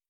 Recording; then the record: hydrophone in a shrimp aquaculture tank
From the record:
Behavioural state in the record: stressed